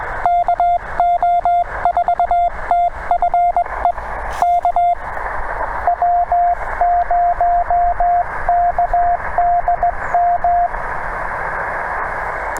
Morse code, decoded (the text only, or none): KO4TFE K W0KDM